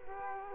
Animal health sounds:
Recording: mosquito wingbeat signal from an infrared sensor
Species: Culex quinquefasciatus

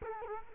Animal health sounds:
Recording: mosquito wingbeat signal from an infrared sensor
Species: Culex quinquefasciatus

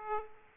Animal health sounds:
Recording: mosquito wingbeat signal from an infrared sensor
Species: Aedes aegypti

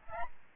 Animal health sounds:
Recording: mosquito wingbeat signal from an infrared sensor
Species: Aedes albopictus

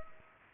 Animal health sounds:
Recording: mosquito wingbeat signal from an infrared sensor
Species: Culex pipiens

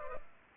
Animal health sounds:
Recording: mosquito wingbeat signal from an infrared sensor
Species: Culex pipiens

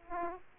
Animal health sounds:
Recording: mosquito wingbeat signal from an infrared sensor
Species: Aedes aegypti

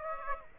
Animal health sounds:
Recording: mosquito wingbeat signal from an infrared sensor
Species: Aedes aegypti

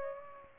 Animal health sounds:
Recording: mosquito wingbeat signal from an infrared sensor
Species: Aedes aegypti

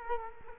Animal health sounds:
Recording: mosquito wingbeat signal from an infrared sensor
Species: Culex quinquefasciatus

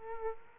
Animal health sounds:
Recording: mosquito wingbeat signal from an infrared sensor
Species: Aedes aegypti

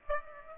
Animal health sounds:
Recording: mosquito wingbeat signal from an infrared sensor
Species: Aedes aegypti

